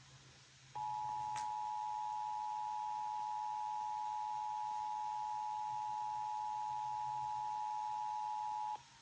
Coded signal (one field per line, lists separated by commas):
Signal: Emergency Alert System (SAME) tones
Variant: 853 and 960 Hz attention tone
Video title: EAS Severe Thunderstorm Warning FM Radio York, Lancaster, PA 3/16/25 EAS#280